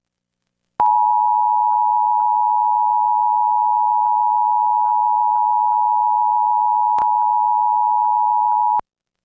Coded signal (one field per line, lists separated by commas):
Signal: Emergency Alert System (SAME) tones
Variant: 853 and 960 Hz attention tone